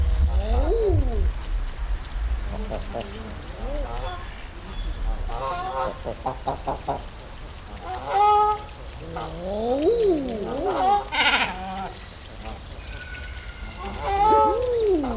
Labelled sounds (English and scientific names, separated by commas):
Canada Goose (Branta canadensis) call